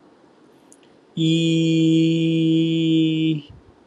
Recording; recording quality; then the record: sustained vowel as in beet; excellent, no background noise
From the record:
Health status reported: COVID-19 positive, mild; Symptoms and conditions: cough, cold, sore throat, fever, fatigue, loss of smell and taste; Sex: male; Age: 27 years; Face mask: not worn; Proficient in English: yes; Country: India